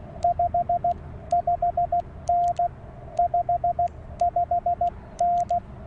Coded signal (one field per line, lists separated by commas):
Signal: Morse code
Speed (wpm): 16 wpm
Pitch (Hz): 700 Hz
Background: radio noise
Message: 55N 55N